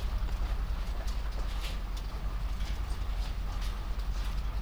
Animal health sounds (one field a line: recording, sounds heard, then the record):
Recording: poultry house recording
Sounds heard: sick chickens (respiratory disease)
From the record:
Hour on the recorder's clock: 22